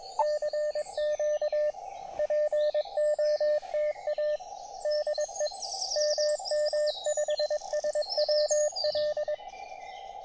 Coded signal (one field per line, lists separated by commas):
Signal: Morse code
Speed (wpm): 22 wpm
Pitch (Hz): 600 Hz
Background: radio noise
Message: CQ POTA DE MM5SWL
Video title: A Tiny Operating Spot on the River Tweed Estuary – 5W QRP POTA!